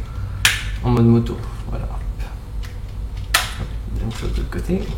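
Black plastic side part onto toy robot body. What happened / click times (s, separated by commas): The plastic side part clicked into place / 0.5 s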